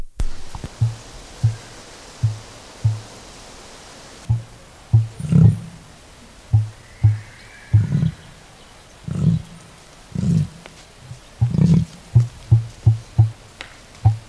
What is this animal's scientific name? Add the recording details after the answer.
Dromaius novaehollandiae. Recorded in captivity. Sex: pair. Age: adult. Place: Zoo Eberswalde, Brandenburg, DE. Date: 2000-09-06 16:40. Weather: heiter, 16 - 17°C. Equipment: Nagra SN, Kopie Uher 4000 Report Monitor. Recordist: Tembrock, Günter